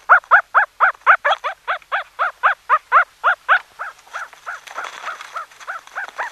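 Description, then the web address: Dog giving rapid, regular squealing yelps that grow quieter and more uneven toward the end. One puppy. "zvukodnogoschenka"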